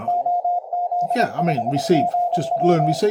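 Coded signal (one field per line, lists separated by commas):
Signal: Morse code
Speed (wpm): 25 wpm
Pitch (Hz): 710 Hz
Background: speech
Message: OZ5GW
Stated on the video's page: 20 meter CW from a special-event station, received on a Malahit DSP2 receiver with an endfed antenna.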